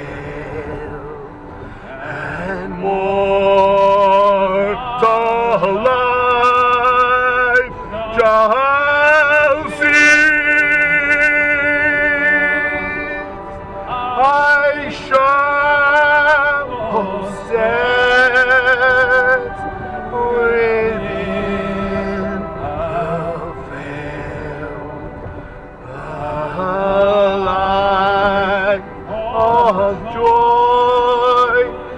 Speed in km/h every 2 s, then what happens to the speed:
75, 75, 75, 76, 76, 77, 79, 76, 76, 76, 74, 74, 74, 74, 75, 76.
0-32 steady at about 75.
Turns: none.